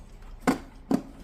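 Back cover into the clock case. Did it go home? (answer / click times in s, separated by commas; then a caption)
yes / 0.5 s, 0.9 s. The back cover of a Sessions tambour mantel clock is pressed home onto the clock case. Two sharp snaps are heard at 0.5 s and 0.9 s against a quiet background, and the cover is seated in place.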